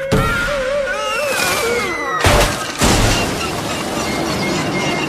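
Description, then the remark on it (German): Warbling, whistling tones waver as an out-of-control Easter sleigh plummets, then two heavy crashing booms hit in quick succession as it crashes, followed by a loud, rumbling clatter of debris that keeps going. “Dann stürzt er ab.”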